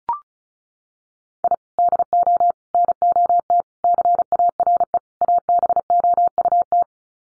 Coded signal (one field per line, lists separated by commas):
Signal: Morse code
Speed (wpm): 34 wpm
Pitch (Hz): 700 Hz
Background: none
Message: I DO NOT CARE ABOUT